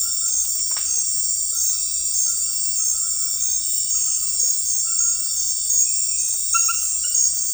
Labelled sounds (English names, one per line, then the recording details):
none
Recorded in dense forest near Puerto Asís, Putumayo, Colombia, on 21 February 2024 at 01:00
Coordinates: 0.484, -76.317
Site G6464